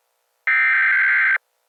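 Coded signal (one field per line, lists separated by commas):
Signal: Emergency Alert System (SAME) tones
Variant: header bursts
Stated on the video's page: Fictional EAS scenario; simulated alert.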